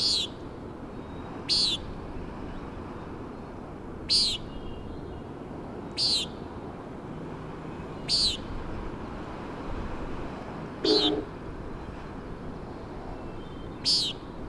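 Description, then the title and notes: Common nighthawk peenting, seven harsh buzzy notes repeated roughly every two seconds, with constant gusty wind and ocean noise underneath. "Common Nighthawk "peenting" and "wing booms" 3:58am on top of Schoodic Head (Schoodic Div., Acadia National Park)"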